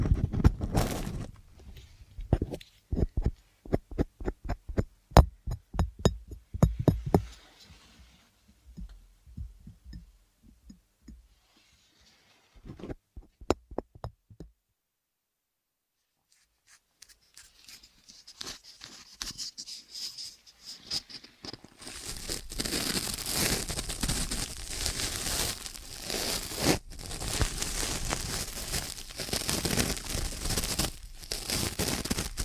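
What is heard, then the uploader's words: Ear cleaning sounds for ASMR, starting with rapid taps and knocks in quick bursts over the first eight seconds, then sparser clicks with silent gaps. After about twenty-two seconds a dense, steady crinkling rustle takes over, bright and continuous, with occasional sharper snaps. ASMR INNER EAR CLEANING STRESS RELIEF.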